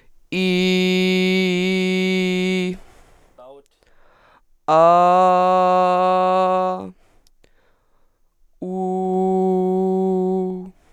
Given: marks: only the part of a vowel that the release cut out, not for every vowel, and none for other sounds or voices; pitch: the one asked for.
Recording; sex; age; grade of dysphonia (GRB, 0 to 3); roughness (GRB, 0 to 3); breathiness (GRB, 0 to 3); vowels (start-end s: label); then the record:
sustained vowels; female; 20 to 29 years; 1; 1; 0
0.55-2.53 s: vowel /i/, low pitch
5.00-6.63 s: vowel /a/, low pitch
9.55-10.50 s: vowel /u/, low pitch
From the record:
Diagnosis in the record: healthy voice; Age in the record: 22 years